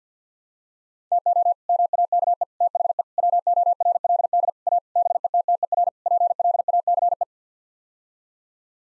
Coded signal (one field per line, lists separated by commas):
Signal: Morse code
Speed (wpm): 50 wpm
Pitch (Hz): 700 Hz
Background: none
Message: TO MAKE THE WORLD A BETTER PLACE